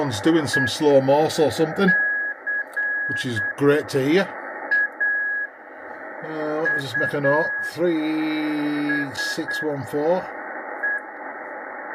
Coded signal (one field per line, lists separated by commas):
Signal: Morse code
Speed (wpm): 8 wpm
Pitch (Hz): 1650 Hz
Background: speech, radio noise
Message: ECAUSE